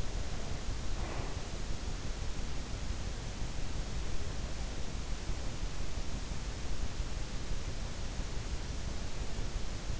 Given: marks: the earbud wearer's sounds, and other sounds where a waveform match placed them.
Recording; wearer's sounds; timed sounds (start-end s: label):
sounds in sleep by an in-ear microphone; breath
0.00-2.00 s: breath